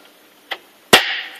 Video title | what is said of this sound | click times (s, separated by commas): Adding Ram to Dell Optiplex GX620 | till you hear it snap into place it's a little hard | 0.5 s